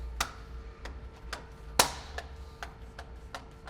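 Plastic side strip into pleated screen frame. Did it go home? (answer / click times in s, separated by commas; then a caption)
yes / 0.2 s, 1.8 s. A plastic side strip is slid up under a clip on the side of a pleated screen frame, then pinched and snapped in. A series of short, sharp plastic snaps is heard, with the strongest at 0.2 s and 1.8 s and lighter ones in between and after. The strip ends up seated along the side of the frame.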